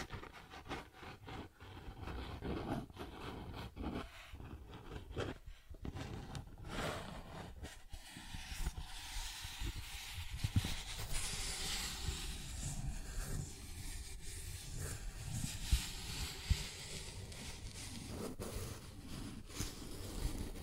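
Cardboard being scratched and traced, a continuous rough rasping that rises and falls in uneven strokes over the whole stretch. Brief dropouts near the start break the texture, and a few sharper scrapes and ticks stand out later.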